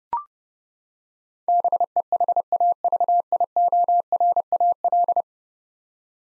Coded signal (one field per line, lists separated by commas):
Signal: Morse code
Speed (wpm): 30 wpm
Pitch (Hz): 700 Hz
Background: none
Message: BEHAVIORAL